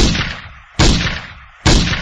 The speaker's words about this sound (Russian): Это были не выстрелы из пистолета. Со времен обучения в Квантико Холли хорошо запомнила глухой лай пистолета. Нет, эти выстрелы были произведены из длинноствольного оружия.